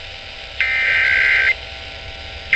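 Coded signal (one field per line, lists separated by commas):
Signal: Emergency Alert System (SAME) tones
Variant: header bursts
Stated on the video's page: EAS test received on FM 92.9 with background noise from another station at the start.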